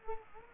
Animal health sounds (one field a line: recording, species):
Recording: mosquito wingbeat signal from an infrared sensor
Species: Culex quinquefasciatus